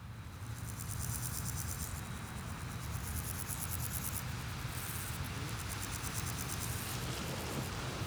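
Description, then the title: Grasshoppers stridulating in repeated high, ticking buzzy bursts of a second or two each, over continuous low rumbling traffic noise. Sunny day at Pins Noirs, Chaussée de Tervueren, Auderghem, Brussels, Belgium, beside road traffic; recorded with DPA 4060 microphones in AB position into a Zoom F3. "Chaussée de Tervueren, Pins Noirs, Auderghem, Bruxelles-Capitale, 1160, Belgique - Sauterelles - Grasshoppers"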